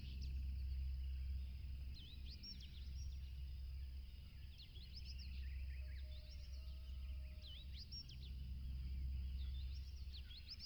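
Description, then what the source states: Cricket chorus holds a steady high buzz while birds chirp repeatedly and a loud low engine drone, from a passing plane, swells and fades beneath. Tropical river setting, with a plane passing.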